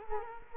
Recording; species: mosquito wingbeat signal from an infrared sensor; Culex quinquefasciatus